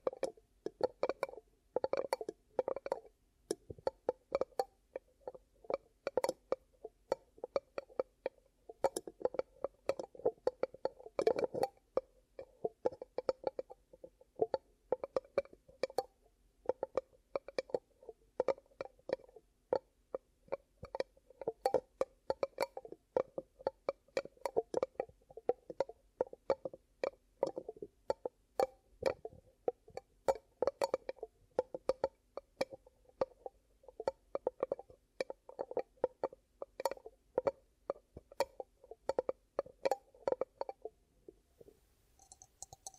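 ASMR ear cupping: hands repeatedly cup and release over the microphone, making a busy run of muffled pats, taps and soft rubbing. The sounds come in quick, uneven bursts with a hollow low-middle tone, continuing almost without pause until the last second or so.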